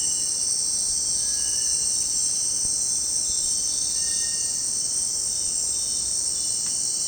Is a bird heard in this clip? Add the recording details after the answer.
yes. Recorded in secondary vegetation near Puerto Asís, Putumayo, Colombia, on 29 June 2025 at 18:00. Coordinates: 0.484, -76.319. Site G074